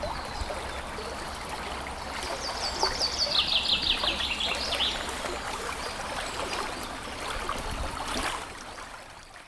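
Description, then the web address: Eurasian wren song: one brief, fast, high trilled phrase around three to five seconds, half buried in constant babbling stream noise. Recorded beside a brook. "linnut peukaloinen ja puro"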